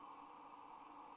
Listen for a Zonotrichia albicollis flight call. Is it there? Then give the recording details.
no. Another species' flight call is heard. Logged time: 07:47 on 26 November 2014